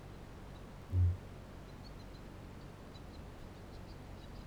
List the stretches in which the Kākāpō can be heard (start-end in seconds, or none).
0.72-1.24